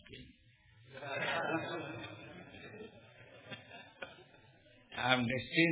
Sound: laughter